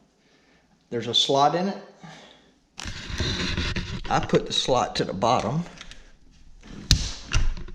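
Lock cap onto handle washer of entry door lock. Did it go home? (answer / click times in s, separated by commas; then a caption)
yes / 6.9 s. Someone talks while pressing the cap of a Schlage entry door lock onto its slotted handle washer, with the slot at the bottom. At 6.9 s the cap snaps on with a sharp pop, and the cap is seated.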